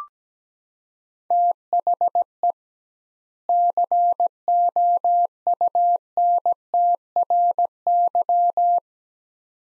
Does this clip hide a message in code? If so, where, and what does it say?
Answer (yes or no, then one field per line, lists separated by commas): yes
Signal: Morse code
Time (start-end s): 1.3-8.8 s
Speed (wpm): 17 wpm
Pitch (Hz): 700 Hz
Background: none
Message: THE COUNTRY